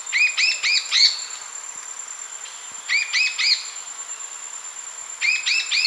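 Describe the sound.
Bird calls: repeated bursts of three to four high, arched chirps, about every two and a half seconds, with a faint steady whine behind.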